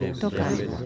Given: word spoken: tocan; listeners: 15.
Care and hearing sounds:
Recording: one Spanish word in noise, from a listening test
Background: eight-talker babble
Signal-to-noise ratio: -2.9 dB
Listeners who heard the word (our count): 1 of 15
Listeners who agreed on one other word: 9 of 15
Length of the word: 0.46 s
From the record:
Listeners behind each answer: 9, 3, 1, 1, 1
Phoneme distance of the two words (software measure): 10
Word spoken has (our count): 2 syllables, 5 phonemes, stress on syllable 1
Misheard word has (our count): 2 syllables, 5 phonemes, stress on syllable 1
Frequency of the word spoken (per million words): 6.84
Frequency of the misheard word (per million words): 1.15

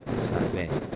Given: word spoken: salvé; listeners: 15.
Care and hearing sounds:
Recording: one Spanish word in noise, from a listening test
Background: noise modulated by three-talker babble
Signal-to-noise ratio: -3.7 dB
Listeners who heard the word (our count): 1 of 15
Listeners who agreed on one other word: 13 of 15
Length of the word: 0.55 s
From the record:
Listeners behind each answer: 13, 1, 1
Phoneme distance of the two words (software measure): 27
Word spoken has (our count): 2 syllables, 5 phonemes, stress on syllable 2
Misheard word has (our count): 2 syllables, 6 phonemes, stress on syllable 2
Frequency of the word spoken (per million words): 0.67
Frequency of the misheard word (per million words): 9.66

